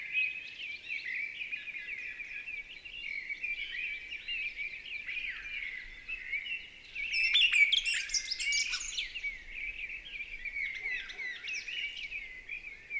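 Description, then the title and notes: Mistle thrush song, a fairly quiet continuous run of fluting and chattering phrases, with a brighter, louder burst near the middle, over faint background hiss. Recorded 28 March 2020 at Val Maravel in stereo with a Nagra LB and MKH40 microphone, with no aircraft noise at the time; bird singing with great vocal fervour. "UNE DRAINE ENCHANTEE. 28 mars 2020-Val Maravel. Voici la belle Grive draine (Turdus viscivorus) dans toute sa ferveur vocale"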